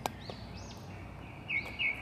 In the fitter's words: click into place